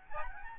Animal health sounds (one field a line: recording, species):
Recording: mosquito wingbeat signal from an infrared sensor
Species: Aedes albopictus